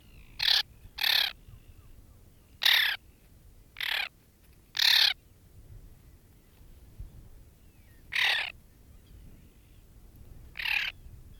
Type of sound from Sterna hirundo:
call